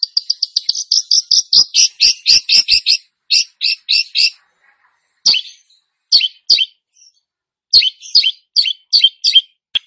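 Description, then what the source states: Long-tailed shrike song opening with a fast run of repeated scratchy notes, then separate clusters of harsh chattering phrases broken by short silences. Described as gacor, actively and vigorously singing.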